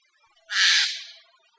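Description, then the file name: Eurasian jay giving a single harsh, rasping screech lasting about three-quarters of a second, broad and noisy, fading out at the end; otherwise quiet. "Garrulus glandarius"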